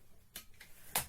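Release switches on the plastic folding propeller arms of a JJRC H51 Rocket 360 toy quadcopter are pushed down so the arms can fold in. Three short, sharp ticking clicks are heard at 0.4, 0.6 and 1.0 seconds, the last one loudest. The switches release the arms.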